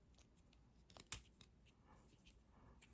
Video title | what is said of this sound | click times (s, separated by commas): My Transformers Toy Video Review Of “Transformers Age Of The Primes: Powerglide” | and you want to just rotate it out until it clicks into place. Just like that. | 1.1 s